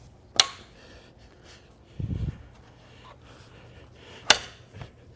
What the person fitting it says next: Make sure you hear that nice click and it's not going to come out.